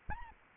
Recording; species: mosquito wingbeat signal from an infrared sensor; Anopheles arabiensis